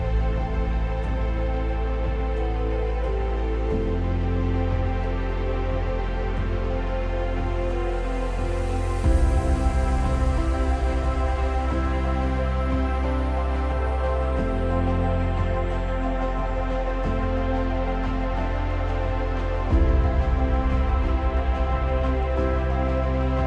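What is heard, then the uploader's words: A chill lofi hip hop beat with a warm, steady bass line that shifts every few seconds, soft layered chords and a brighter swell around nine seconds. Chill Lofi Hip Hop Beat.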